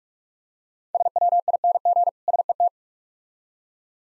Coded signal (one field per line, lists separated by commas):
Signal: Morse code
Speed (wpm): 46 wpm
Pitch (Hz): 700 Hz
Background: none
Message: SWING SET